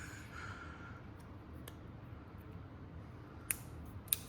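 A depinning tool is pushed into a plastic wiring harness connector on a C8 Corvette Z06 while one finger under the wires keeps tension. After faint ticks and a sharper tick around 3.5 s, a crisp click at 4.1 s marks the terminal pin's lock letting go and the pin coming free.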